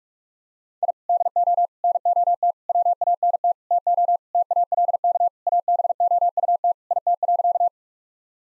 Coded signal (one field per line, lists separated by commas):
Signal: Morse code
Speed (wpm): 46 wpm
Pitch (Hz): 700 Hz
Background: none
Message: I DO NOT WANT TO TALK ABOUT IT.